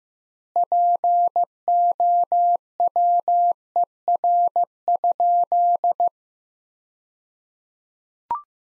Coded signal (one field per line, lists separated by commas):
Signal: Morse code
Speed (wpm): 15 wpm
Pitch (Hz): 700 Hz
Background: none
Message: POWER?